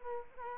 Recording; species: mosquito wingbeat signal from an infrared sensor; Culex quinquefasciatus